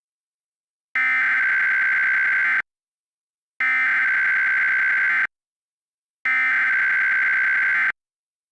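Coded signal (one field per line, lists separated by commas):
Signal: Emergency Alert System (SAME) tones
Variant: header bursts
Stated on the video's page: Fictional EAS scenario about an Arkansas Nuclear One explosion; simulated alert.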